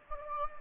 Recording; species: mosquito wingbeat signal from an infrared sensor; Anopheles gambiae